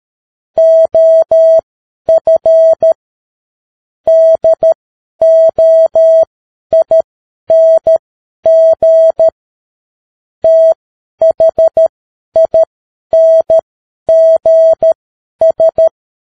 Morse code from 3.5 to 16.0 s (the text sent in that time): DOING THINGS